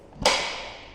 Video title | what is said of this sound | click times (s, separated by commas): PRISE EN MAIN TRIUMPH TIGER SPORT 660 2022 - PASSION RIDES | donc à vous aimez les petites encoches derrière et ensuite vous allez appuyer dessus pour entendre un claquement voilà | 0.3 s